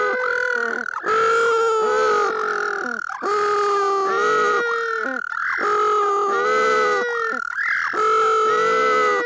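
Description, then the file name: Little penguin braying in long, harmonic, nasal notes that alternate in pitch and run back to back without a break. Northern. "Blue Penguin Northern"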